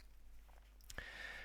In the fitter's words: finished to a very high standard nice positive click when one closes it